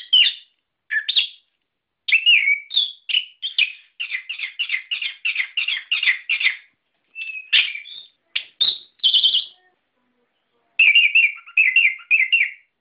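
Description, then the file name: Songbird delivering sputtering runs of quick repeated chips and warbles, then a long silence before a final burst. Masteran song for training cage birds. "ak masteran"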